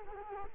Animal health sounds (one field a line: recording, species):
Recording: mosquito wingbeat signal from an infrared sensor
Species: Culex quinquefasciatus